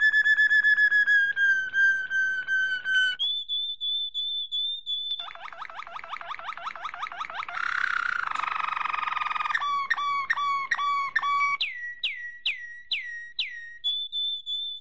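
Domestic canary singing a long slurred whistle, a clear steady note, fast rattling trills, then a run of sharp down-slurred notes.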